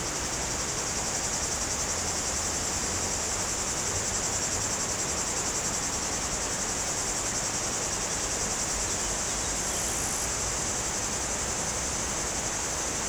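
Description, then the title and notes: Cicadas keep up a continuous high-pitched buzz, a brief higher tone joining near ten seconds, all above steady river rush. Cicadas very active in trees near a river on mountain slopes above Culoz, France, on a hot day. "Sur les pentes du Grand Colombier au dessus de Culoz , par cette chaude journée les cigales sont très actives dans les arbres près du Jourdan."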